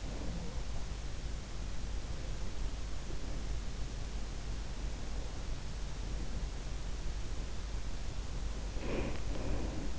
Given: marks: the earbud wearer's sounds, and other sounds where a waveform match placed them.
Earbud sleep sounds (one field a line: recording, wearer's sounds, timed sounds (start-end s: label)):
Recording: sounds in sleep by an in-ear microphone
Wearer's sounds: breath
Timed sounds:
0.00-0.49 s: breath
0.22-0.57 s: sound from someone else or the room
8.70-9.99 s: breath